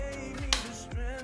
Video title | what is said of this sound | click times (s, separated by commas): Epic 14 Foot Wide TV Unit with a Walnut Countertop | that click that means it's engaged | 0.5 s